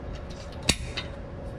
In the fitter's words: and it snaps right in and you're good to go